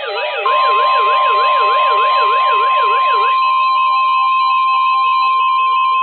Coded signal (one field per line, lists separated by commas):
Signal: Emergency Alert System (SAME) tones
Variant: 1050 Hz attention tone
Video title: Weather Radio EAS #50 Tornado Warning